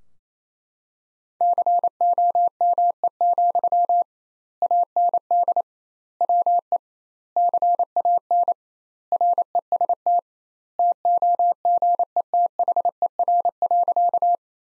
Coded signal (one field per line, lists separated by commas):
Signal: Morse code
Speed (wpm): 28 wpm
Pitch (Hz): 700 Hz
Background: none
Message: COME, AND WE CAN REST TOGETHER.